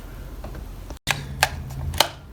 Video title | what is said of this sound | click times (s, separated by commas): Black + Decker 20v Lithium Replacement - Better Than the Real One? 3.0AH | Okay, it snaps in place. | 1.4 s